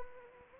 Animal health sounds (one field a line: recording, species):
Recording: mosquito wingbeat signal from an infrared sensor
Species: Anopheles arabiensis